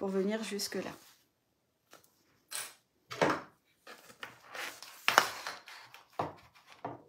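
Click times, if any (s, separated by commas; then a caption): 5.1 s. Someone talks briefly, then the female part of a snap fastener (press stud) is positioned on the fabric of a bag lining and pressed into its mating part amid soft handling noises. A sharp click at 5.1 s marks it clipping in, and the snap is then checked to confirm it clips correctly.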